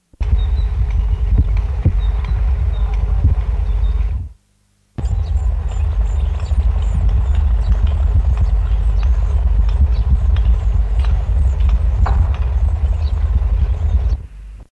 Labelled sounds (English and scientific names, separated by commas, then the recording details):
Blue Rock Thrush (Monticola solitarius) call
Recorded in the wild
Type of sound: call
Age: diverse
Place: Costa Brava, Katalonien, ES
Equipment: Halbspur, 9,5 cm/s
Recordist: Lütgens, Hans
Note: Fütterung im Nest